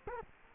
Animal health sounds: mosquito wingbeat signal from an infrared sensor; Culex quinquefasciatus

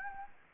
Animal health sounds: mosquito wingbeat signal from an infrared sensor; Anopheles gambiae

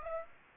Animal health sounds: mosquito wingbeat signal from an infrared sensor; Aedes aegypti

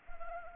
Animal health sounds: mosquito wingbeat signal from an infrared sensor; Anopheles arabiensis

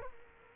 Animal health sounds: mosquito wingbeat signal from an infrared sensor; Culex quinquefasciatus

